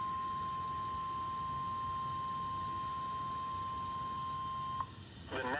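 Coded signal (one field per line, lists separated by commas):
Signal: Emergency Alert System (SAME) tones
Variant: 1050 Hz attention tone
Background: speech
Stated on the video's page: Received via online NOAA Weather Radio stream, Omaha office.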